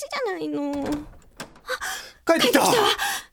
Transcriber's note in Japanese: 玄関の戸開く